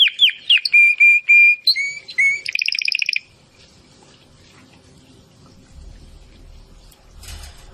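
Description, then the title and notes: Domestic canary song: clear whistled notes and a steady held tone, then a short rapid buzzy trill, followed by near silence with faint low rumbling. Belgian canary singing; labelled 'Campainha'. "Canário Belga Campainha Canary Singing. Canario Belga Cantando"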